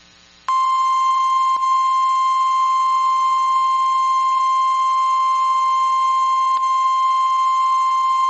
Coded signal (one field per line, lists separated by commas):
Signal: Emergency Alert System (SAME) tones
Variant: 1050 Hz attention tone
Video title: [RECREATIONAL EAS] required weeklies